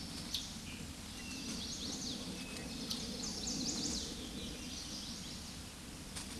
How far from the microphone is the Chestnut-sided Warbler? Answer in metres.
about 50 m